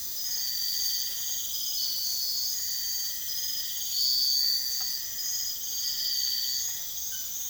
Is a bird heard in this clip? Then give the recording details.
no. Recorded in dense forest near Puerto Asís, Putumayo, Colombia, on 19 February 2024 at 04:00. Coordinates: 0.485, -76.322. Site G6406